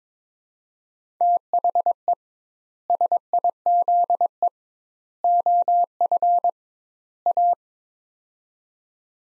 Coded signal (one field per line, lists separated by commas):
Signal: Morse code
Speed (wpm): 22 wpm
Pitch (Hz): 700 Hz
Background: none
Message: THE SIZE OF A